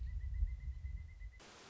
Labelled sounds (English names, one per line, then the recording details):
Pileated Woodpecker
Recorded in Sonoma County, California